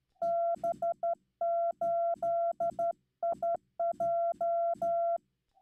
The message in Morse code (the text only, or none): B8IJ